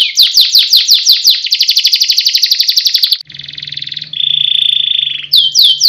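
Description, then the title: Canary song of quick downward-sweeping whistles flowing into a rapid trill, then a buzzy phrase and a steady held note before the sweeps resume. Competition canary, a national champion; song used as master song for training. "Masteran Kenari Lomba Juara Nasional"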